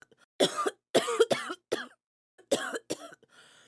Labored woman cough.